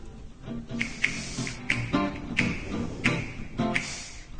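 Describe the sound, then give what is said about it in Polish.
A short, spontaneous radio jingle played in place of applause: bright, punchy percussive hits land roughly every half second over layered tones, building a brisk, busy rhythm with no voices. “Jakbym miała tutaj brawa, to by było brawa, ale ponieważ nie ma, to będzie jakiś dżingielek.”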